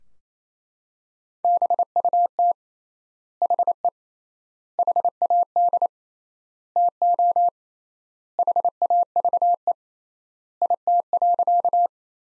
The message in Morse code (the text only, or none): BUT HE HAD TO HAVE IT.